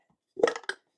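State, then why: Not seated. The lid of a small electric grain grinder is pressed down onto the grinder body, making a short burst of clinks and rattles between about 0.4 and 0.8 seconds. The lid seats down but does not latch; nothing has locked into place or clicked yet.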